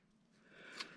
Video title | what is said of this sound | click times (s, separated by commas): Tool Review -- The Wen Model 6307 Belt Sander 1/2" x 18" | is pretty easy it's it's actually you push in on the end of it here and you'll hear it click | 0.8 s